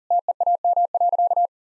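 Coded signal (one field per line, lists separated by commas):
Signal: Morse code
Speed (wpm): 40 wpm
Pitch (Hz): 700 Hz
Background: none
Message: TEAM.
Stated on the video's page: Morse code practice at 40 wpm: sentences with common three-word phrases, each sent, then spoken, then sent again, first words spoken beforehand as a guide.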